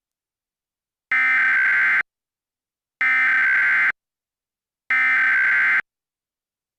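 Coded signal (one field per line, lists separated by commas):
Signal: Emergency Alert System (SAME) tones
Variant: header bursts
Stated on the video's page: Fictional EAS scenario containing valid alert tones.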